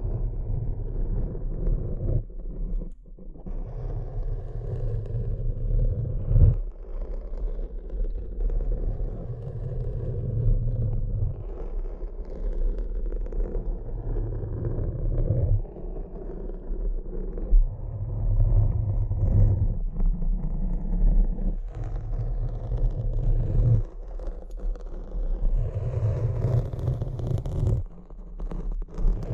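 Tapping and scratching over a thick, low rumble that swells and drops in bursts every few seconds, with short near-silent breaks around 3 and 15 seconds. Brief scrapes and brittle ticks flicker above it, growing brighter and busier toward the end.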